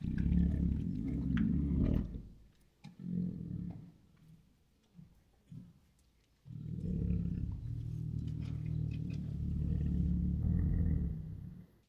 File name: Two Tigers Make Many Throaty Breaths and Growls [Sound Ideas]